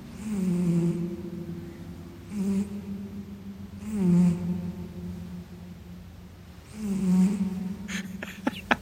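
A domestic cat snoring.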